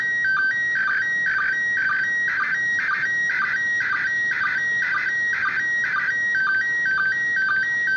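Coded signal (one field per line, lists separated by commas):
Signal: SSTV (slow-scan television)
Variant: PD120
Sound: steady warbling tone stepping between two pitches, with a short low blip every half second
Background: radio static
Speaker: So let's just go ahead and play it. And I have to kind of be quiet since it's using the audio.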